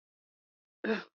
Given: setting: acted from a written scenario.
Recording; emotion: vocal sound without words; contempt